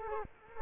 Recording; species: mosquito wingbeat signal from an infrared sensor; Culex quinquefasciatus